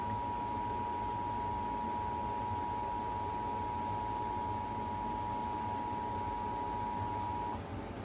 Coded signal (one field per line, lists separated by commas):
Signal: Emergency Alert System (SAME) tones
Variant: 853 and 960 Hz attention tone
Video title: More Inyo stuff… (EAS #177)